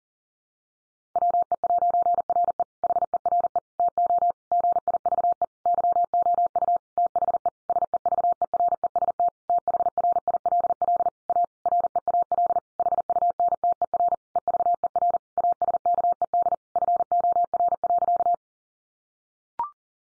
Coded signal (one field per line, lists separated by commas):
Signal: Morse code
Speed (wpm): 40 wpm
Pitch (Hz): 700 Hz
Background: none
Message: WE'RE HERE TO GIVE YOU THE SEVEREST THRILL A REAL HUNTER EVER ASKED FOR.